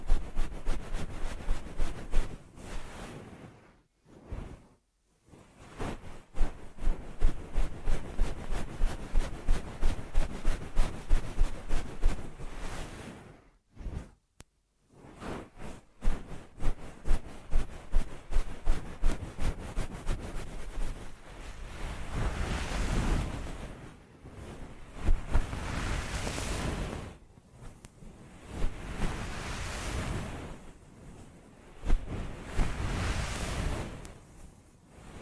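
Ear massage triggers: for the first twenty seconds, quick, even rubbing strokes repeat in a steady rhythm, broken by short silences near 4 and 14 seconds. After that the sound turns to softer, swelling whooshes like rushing air, with brief pauses between them.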